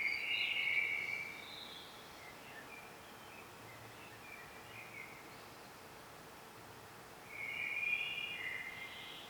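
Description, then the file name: Common blackbird, fairly soft, gives a fluty phrase trailing into scattered twitters, then another mellow phrase after a quiet gap. "Turdus merula"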